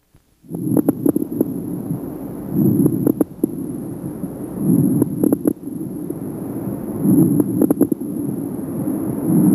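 Low-pitched crackles heard over adult lungs through a stethoscope, in bursts with breathing, about 28 per minute; crackles are due to the sudden opening of very small airways.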